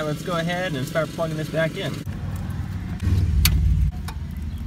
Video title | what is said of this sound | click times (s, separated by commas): How To Replace a CD Player in 2009 Toyota Corolla | each of them are slotted to a certain size so they just click right into place and | 3.4 s